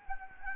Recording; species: mosquito wingbeat signal from an infrared sensor; Anopheles gambiae